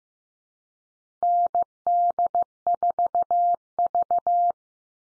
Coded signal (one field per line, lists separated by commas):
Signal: Morse code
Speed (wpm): 15 wpm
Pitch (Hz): 700 Hz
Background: none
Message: ND4V